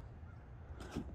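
A sealed storage hatch lid on a Hobie PA12 360 kayak is being closed and its handle turned to latch it onto the hull. Low background rumble is heard, then a brief broadband scraping burst around 0.8–1.0 s. The handle is handled but the latch has not locked; nothing has seated or clicked yet.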